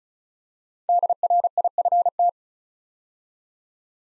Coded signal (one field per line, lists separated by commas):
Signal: Morse code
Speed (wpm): 36 wpm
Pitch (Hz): 700 Hz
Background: none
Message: DRIFT